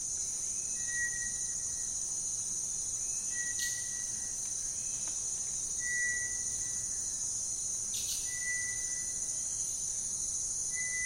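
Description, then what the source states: Bird song of long, flat whistled notes at one steady pitch, repeated roughly every two and a half seconds beneath a loud, constant high insect drone. Lazy afternoon by a slow-flowing stream in the Amazon basin.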